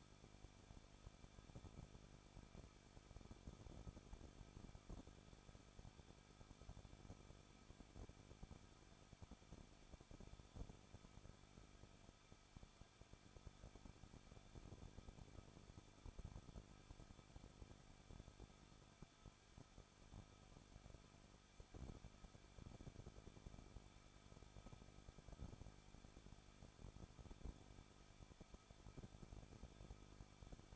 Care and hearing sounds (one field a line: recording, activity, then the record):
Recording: daily activity, microphone in the room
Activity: no activity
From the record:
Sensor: 5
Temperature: 20.9 degrees Celsius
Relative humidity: 38.1%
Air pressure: 1006.4 hPa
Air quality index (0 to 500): 187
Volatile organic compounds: 18 ppm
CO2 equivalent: 2624 ppm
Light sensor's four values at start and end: 2/3/1/1 and 2/3/1/1